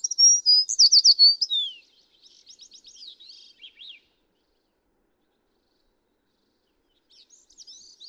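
American tree sparrow song, a high sweet run of whistles and warbled notes ending in a falling slur, then softer buzzy twittering and a later faint phrase.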